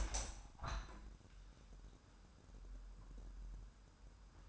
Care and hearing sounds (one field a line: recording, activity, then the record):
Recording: daily activity, microphone in the room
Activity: open window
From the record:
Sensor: 2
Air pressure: 998.0 hPa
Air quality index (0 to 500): 145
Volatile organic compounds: 4 ppm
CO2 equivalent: 1636 ppm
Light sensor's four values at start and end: 10/30/12/11 and 10/30/12/11